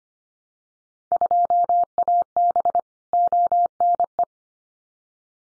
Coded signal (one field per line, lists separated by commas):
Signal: Morse code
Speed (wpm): 25 wpm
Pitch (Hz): 700 Hz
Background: none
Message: 2AB ONE